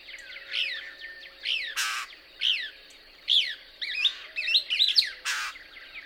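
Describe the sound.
Couch's Kingbird song: bright, swooping high twitters in short phrases, broken by two brief loud noisy bursts.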